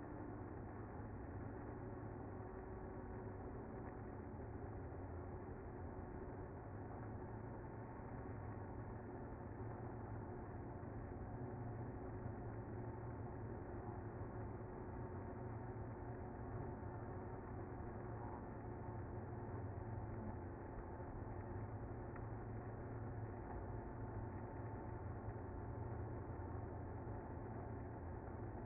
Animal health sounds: honeybee colony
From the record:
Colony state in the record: active

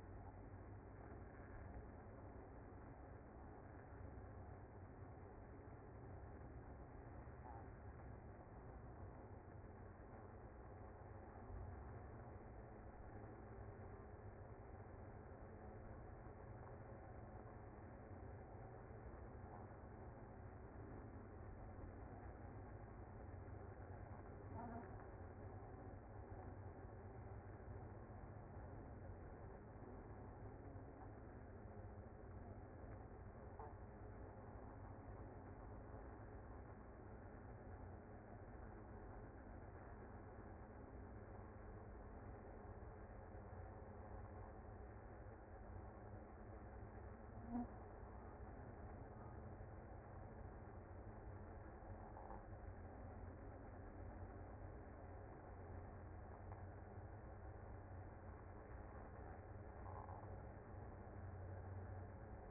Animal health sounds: honeybee colony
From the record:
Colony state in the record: active

